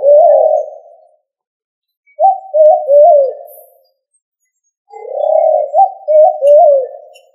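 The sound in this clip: Pigeon cooing, three low coo phrases separated by pauses of about a second, the later two with a few quick stuttering pulses before a longer hum.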